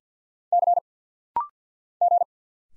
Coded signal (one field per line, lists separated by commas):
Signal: Morse code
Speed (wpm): 50 wpm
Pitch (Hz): 700 Hz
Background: none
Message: C G